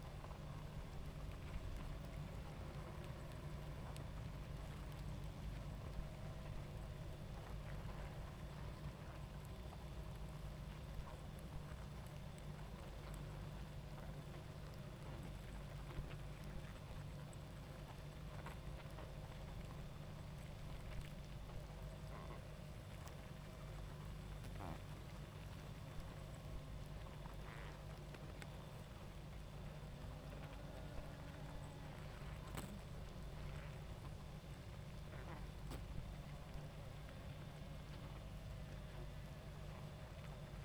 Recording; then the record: honeybee colony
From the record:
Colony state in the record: active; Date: 28 July 2017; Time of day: 21:41